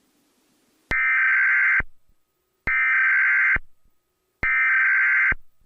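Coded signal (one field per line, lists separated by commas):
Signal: Emergency Alert System (SAME) tones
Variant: header bursts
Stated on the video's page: Fictional EAS scenario recreation.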